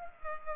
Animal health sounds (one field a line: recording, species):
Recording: mosquito wingbeat signal from an infrared sensor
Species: Culex pipiens